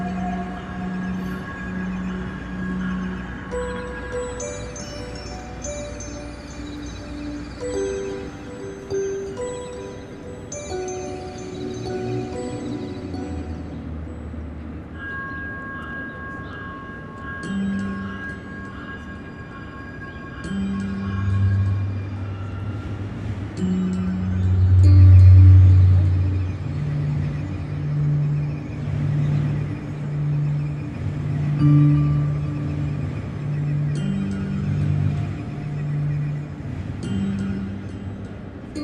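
A stainless steel wave sculpture rings out with soft, sustained electronic tones as passersby trigger its strings through light beams. Low notes hum and pulse steadily while higher bell-like tones come and go, swelling loudest around the middle, with faint traffic underneath.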